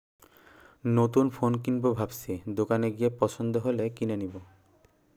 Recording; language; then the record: elicited speech; Bengali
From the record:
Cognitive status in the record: cognitively healthy